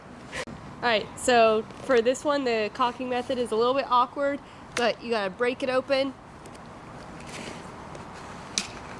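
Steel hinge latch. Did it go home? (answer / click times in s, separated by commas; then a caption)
yes / 8.6 s. Someone talks while breaking open the barrel of a Gamo Swarm Magnum .22 break-barrel air rifle to cock it. After the talk stops, there is a quiet stretch, then a single sharp click at 8.6 s as the barrel, pulled all the way down, locks into place at the bottom.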